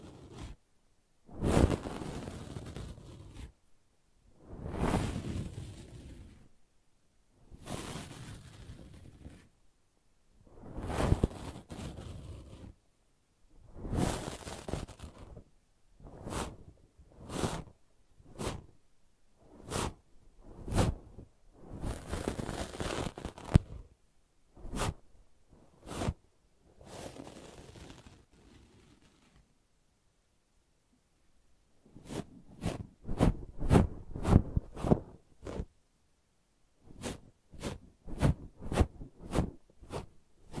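Brushing and scratching in repeated bursts, each stroke a rough, rasping swipe that fades out, spaced every two or three seconds for the first half. After a pause near thirty seconds, quicker, sharper scratches come in tight clusters, with short gaps of silence between groups.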